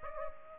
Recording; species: mosquito wingbeat signal from an infrared sensor; Aedes aegypti